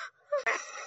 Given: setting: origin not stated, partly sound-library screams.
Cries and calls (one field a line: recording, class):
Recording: one-second piece from a danger detection set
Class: woman in danger